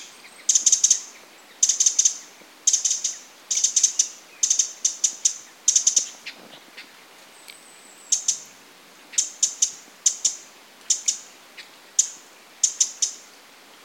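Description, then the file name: Eurasian wren giving rapid dry ticking calls, clustered into rattling bursts of several clicks, repeated about once a second with one longer gap of about two seconds. "Troglodytes troglodytes"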